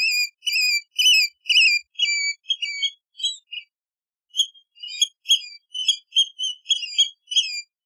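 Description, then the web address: Seabird calling with shrill, squealing high notes, about two per second, some slurring downward, a brief pause midway before the series resumes. "soundlibrary Animals Birds Sea Bird Isolated"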